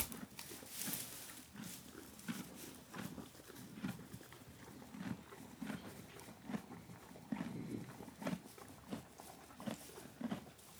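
Horse feeding, with repeated crunching and grinding bites.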